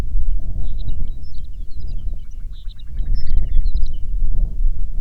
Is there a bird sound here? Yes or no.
yes